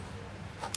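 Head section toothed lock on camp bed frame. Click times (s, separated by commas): 0.6 s, 0.8 s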